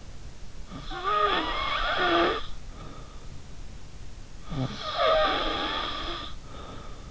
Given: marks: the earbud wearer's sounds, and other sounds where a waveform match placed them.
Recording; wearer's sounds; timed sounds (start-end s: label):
sounds in sleep by an in-ear microphone; snoring breath
0.68-3.37 s: snoring breath
4.38-7.11 s: snoring breath